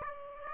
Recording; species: mosquito wingbeat signal from an infrared sensor; Aedes aegypti